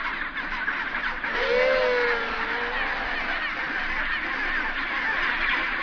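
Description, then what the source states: Chinstrap penguin colony, a constant wash of harsh squawks with one clear, drawn-out wavering cry standing out in the middle. Recorded at a rookery.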